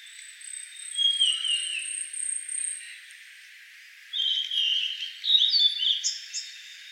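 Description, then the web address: Blue-and-white flycatcher giving two warbling phrases of slurred whistles a few seconds apart, the first under a thin high-pitched tone that stops before the second. Recorded 26 May 2013. "birdenaga ooruri"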